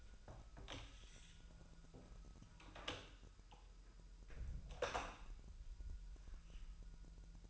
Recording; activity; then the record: daily activity, microphone in the room; close door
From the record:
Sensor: 2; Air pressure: 1001.0 hPa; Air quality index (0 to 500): 249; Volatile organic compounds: 98 ppm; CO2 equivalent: 3744 ppm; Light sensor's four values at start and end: 10/24/10/10 and 10/24/10/10